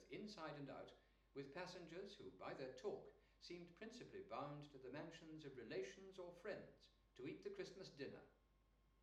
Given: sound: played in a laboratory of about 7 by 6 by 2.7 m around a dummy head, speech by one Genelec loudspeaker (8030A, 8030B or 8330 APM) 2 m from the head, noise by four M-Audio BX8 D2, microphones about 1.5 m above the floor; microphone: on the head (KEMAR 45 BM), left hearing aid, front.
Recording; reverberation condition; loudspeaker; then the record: male speech in English; medium; 60 degrees to the left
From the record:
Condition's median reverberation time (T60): about 510 ms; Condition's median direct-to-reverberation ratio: about -0.5 dB